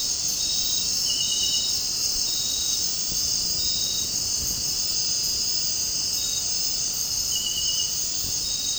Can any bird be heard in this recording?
no